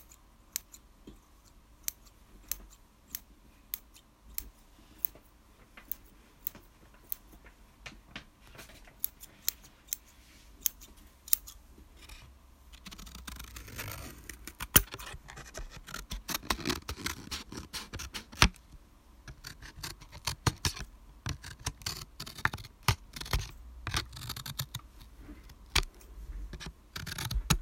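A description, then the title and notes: ASMR tapping: sharp, scattered taps start sparse and quiet, then grow denser and louder after about fifteen seconds, with scratchy rustling between them. Asmr tapping// no talking.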